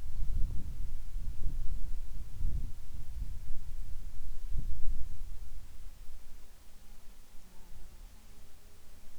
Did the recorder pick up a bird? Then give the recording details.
no. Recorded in the Arctic National Wildlife Refuge, Alaska, on 7 July 2019 at 19:32. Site 41